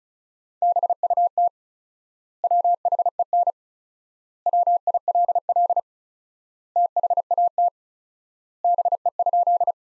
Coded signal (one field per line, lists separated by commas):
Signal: Morse code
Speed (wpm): 36 wpm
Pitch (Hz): 700 Hz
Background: none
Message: BUT WHEN WILL THAT BE?